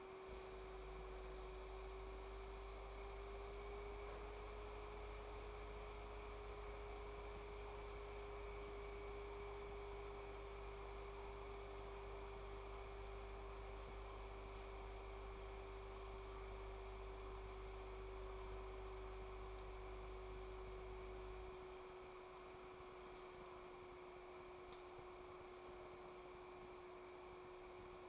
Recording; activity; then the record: daily activity, microphone in the room; make coffee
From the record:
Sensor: 1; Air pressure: 1014.8 hPa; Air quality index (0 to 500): 189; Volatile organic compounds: 26 ppm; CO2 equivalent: 2852 ppm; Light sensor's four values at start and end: 4/10/4/3 and 4/10/3/3